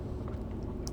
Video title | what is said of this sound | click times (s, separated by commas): ICE MAKER NOT MAKING ICE! HOW TO CHANGE ICE MAKER ( W10882923 ) #icemaker #whirlpool #appliances | basically you just push it back in, and you're gonna hear those tabs clicking into position. | 0.9 s